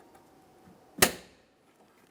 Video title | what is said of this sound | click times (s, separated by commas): How to Replace Front Door Speakers 1999-2006 Chevrolet Silverado 1500 | Listen for a click from that. | 1.0 s